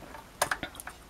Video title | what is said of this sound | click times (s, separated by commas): lisa's sewing lesson episode 3 lesson 2 part 1 patterns | you always want to hear this thing click if you're not sure if you clicked in take | 0.4 s